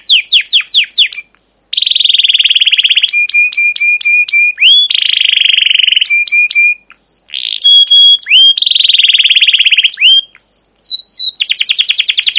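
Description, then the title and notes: Canary singing nonstop: fast downslurred chips, long buzzy rolls and repeated ticking notes, switching tour every second or two. Long, persistent, emotive chirping 'cuit cuit' rolling canary song, used as a lure and as a tutor for young canaries learning to sing. "CUIT CUIT NGEROL LANGSUNG GACOR PANJANG Kenari Ini Utk Pancingan KENAR. PANCINGAN Kenari GACOR PANJANG Cuit CUIT EMOSI ini utk MASTERAN Kenari PAUD belajar BUNYI. burung kenari"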